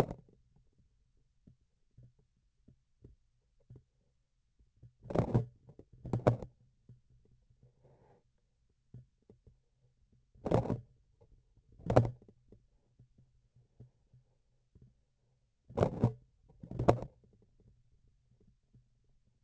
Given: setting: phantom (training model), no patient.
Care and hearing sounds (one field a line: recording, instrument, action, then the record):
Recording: laparoscopic instrument, vibration sensor on the handle end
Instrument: grasping forceps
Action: opening and closing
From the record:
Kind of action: tool actuation without material contact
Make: other than Olympus